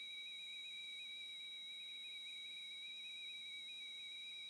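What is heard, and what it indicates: A steady, high-pitched whistling tone with a slight waver holds unbroken for the whole 4.5 seconds over faint hiss. It is a simulation of constant tinnitus, the kind of ringing that is always there rather than coming and going at different times of the day.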